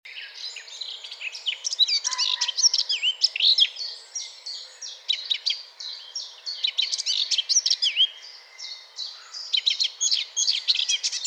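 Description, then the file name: Eurasian blackcap giving a fast, continuous scratchy warble of high chirps and twitters, nearly unbroken for the whole stretch, with a faint steady background hiss. "Sylvia atricapilla"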